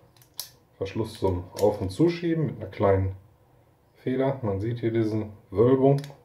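Someone handles the spring-loaded slide closure on a vintage safety razor head, pushing the small metal slider that is meant to catch and let the spring pull tight. A few faint ticks near the start and one short sharp tick at about 0.4 s are followed by someone talking for the rest of the clip. The slider has not yet seated or clicked home.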